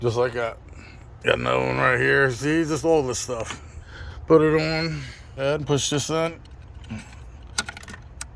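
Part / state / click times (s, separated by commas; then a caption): electrical connector onto sensor on intake / seated / 7.6 s. While reassembling a 2011 Chrysler 200 during an oil cooler replacement for a common leak, an electrical connector is pushed onto a sensor on the intake as someone talks. The connector clicks in at 7.6 s, followed by a few faint ticks, and is seated.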